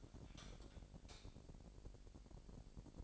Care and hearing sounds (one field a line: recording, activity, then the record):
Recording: daily activity, microphone in the room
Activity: light off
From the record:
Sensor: 5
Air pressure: 1012.0 hPa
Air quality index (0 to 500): 247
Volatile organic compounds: 5 ppm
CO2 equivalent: 1709 ppm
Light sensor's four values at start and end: 43/101/42/45 and 41/96/40/43